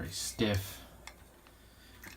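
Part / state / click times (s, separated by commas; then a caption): dust cover latch on upper receiver / not seated / none. Someone talks while trying to close and lock the new, stiff dust cover on the metal upper receiver of a G&P gas blowback M16A4, producing a couple of faint small ticks near 1.1 and 1.5 seconds. The dust cover latch has not clicked or locked closed, because the new cover is too stiff.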